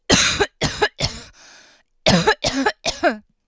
Adult Female Coughing.